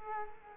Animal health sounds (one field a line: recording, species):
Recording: mosquito wingbeat signal from an infrared sensor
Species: Culex quinquefasciatus